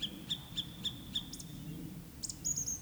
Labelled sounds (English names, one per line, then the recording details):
Eurasian Woodcock whistle
Eurasian Woodcock croak
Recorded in Baden-Württemberg, Germany, on 19 May 2021 at 19:34 UTC
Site 24608, 624 m above sea level